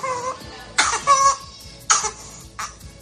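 An infant with whooping cough (pertussis): a paroxysm of uninterrupted, rushed coughing attacks that make breathing very difficult, each coughing fit followed by a noisy inspiration, the characteristic whoop.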